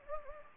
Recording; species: mosquito wingbeat signal from an infrared sensor; Anopheles gambiae